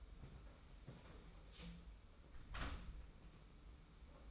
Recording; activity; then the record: daily activity, microphone in the room; close door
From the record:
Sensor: 1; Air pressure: 991.6 hPa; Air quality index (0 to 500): 129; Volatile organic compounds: 368 ppm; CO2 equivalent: 4616 ppm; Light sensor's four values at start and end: 33/108/42/43 and 33/108/42/43